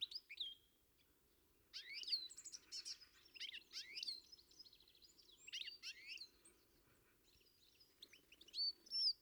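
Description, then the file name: European goldfinch: a rapid jumble of sweet, liquid chirps and twitters in several bursts, ending with a couple of clear whistles, against faint background noise. "Carduelis carduelis"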